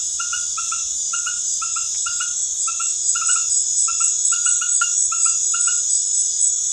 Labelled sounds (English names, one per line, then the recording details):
none
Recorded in dense forest near Puerto Asís, Putumayo, Colombia, on 21 February 2024 at 20:30
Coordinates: 0.505, -76.324
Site G6467